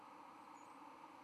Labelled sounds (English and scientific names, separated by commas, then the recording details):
White-throated Sparrow (Zonotrichia albicollis) flight call
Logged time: 03:58 on 31 October 2014